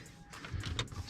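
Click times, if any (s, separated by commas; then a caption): 0.8 s. Pressing on the spots where the retaining clips sit snaps an interior trim panel back into place on the door/dash clips of a Dodge Charger 392 Scat Pack. A faint tap at 0.5 s comes before a sharp plastic snap at 0.8 s as the panel seats.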